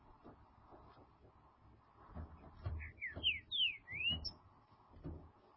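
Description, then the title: Green-winged saltator song: one phrase of five or six clear, slurred whistles, rising and falling, over a steady low rumble of background noise. "Trinca Ferro"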